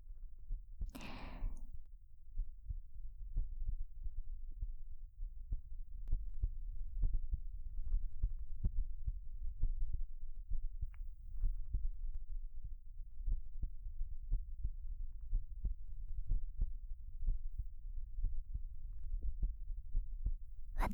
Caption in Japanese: 君は私の心臓の音聞こえる？。 私の心臓もドクンドクンって脈打ってるでしょ。